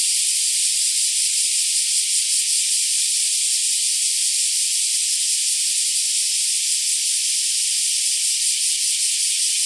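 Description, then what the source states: Black cicadas keeping up an even, high-pitched sizzling buzz from beginning to end, with no other clear sounds. More than one black cicada.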